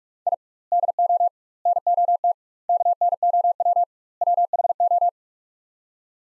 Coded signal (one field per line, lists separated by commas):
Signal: Morse code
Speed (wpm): 46 wpm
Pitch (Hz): 700 Hz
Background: none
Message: I DO NOT KNOW WHO